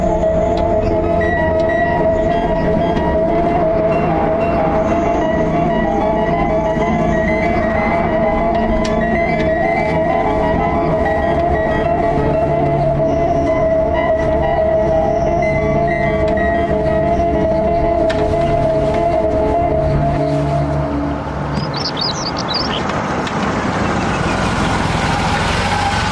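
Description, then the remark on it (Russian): A car drives through a tunnel, its engine noise swelling into a loud, steady rumbling roar with a sustained humming drone, holding constant for the whole stretch with a brief hissy rush near the end. “Машина движется по туннелю.”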